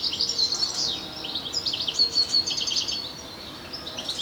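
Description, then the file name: European Goldfinch twittering, quick high chirps and thin whistled notes in a short flurry. "Carduelis carduelis"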